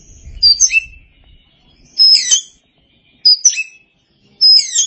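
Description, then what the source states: Oriental magpie-robin song: four bright phrases of whistled notes with sweeping twists, spaced roughly a second apart, over faint low rumble at the start. Chirping song.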